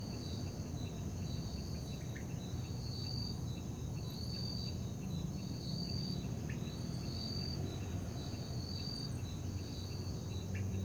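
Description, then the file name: Crickets chirping: pulsed high trills repeating at regular intervals over a steady high ringing tone, with soft clicks and a low rumble of traffic. Night ambience in Parque da Liberdade, with dripping water and distant traffic. "Ambiencia parque da liberdade a noite com grilos, morcegos, som de gota dagua e transito longe"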